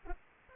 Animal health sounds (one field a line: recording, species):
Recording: mosquito wingbeat signal from an infrared sensor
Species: Anopheles arabiensis